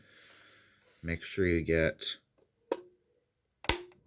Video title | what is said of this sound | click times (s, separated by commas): Ansco Shur Shot 120 | do that just clicks back into place | 2.7 s, 3.7 s